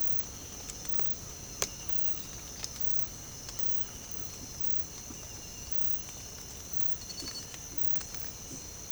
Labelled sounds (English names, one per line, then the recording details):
none
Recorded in secondary vegetation near Puerto Asís, Putumayo, Colombia, on 22 December 2024 at 06:00
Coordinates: 0.468, -76.324
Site G095